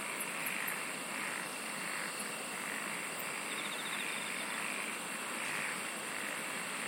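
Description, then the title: Insects singing in a dense chorus: a steady high whine holds throughout, with a brief rapid pulsed trill partway through, over a constant hiss. "SINGING OF INSECTS"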